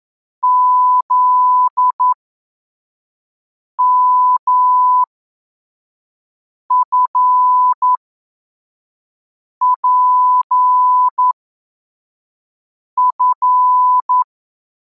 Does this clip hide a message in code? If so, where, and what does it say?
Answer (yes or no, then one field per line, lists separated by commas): yes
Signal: Morse code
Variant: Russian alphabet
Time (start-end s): 0.4-14.2 s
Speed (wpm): 11 wpm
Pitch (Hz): 1000 Hz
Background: none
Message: ЗМФПФ